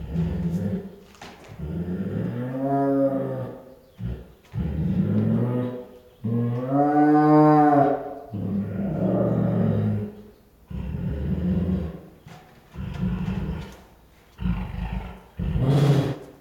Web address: Sound Ideas Tigers Sound Effects. Female Bengal Tiger at Zoo, with Annoyed Calls, Growls, Snarls and Snores